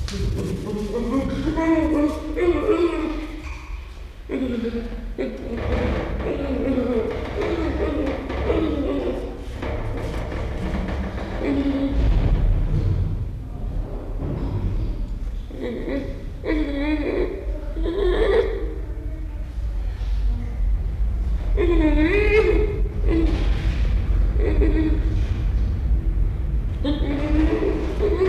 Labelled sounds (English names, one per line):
Western Gorilla call